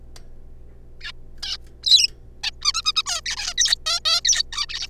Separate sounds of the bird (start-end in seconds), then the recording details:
1.01-1.12, 1.43-1.57, 1.83-2.08, 2.43-2.50, 2.62-2.72, 2.74-2.82, 2.85-2.92, 2.96-3.02, 3.06-3.21, 3.26-3.36, 3.37-3.53, 3.58-3.75, 3.86-4.00, 4.05-4.21, 4.25-4.43, 4.53-4.66, 4.68-4.87. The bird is a juvenile. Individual R3549